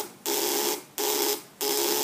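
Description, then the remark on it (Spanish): A high-voltage spark at the tip of a small ball on a demonstration apparatus, produced when it is switched on, buzzes in three harsh, crackling bursts separated by short pauses, a steady electric hum running through each burst. No one speaks. “¿Ven ahí la chispa de alta tensión?”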